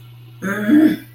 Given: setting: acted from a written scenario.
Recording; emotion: vocal sound without words; anger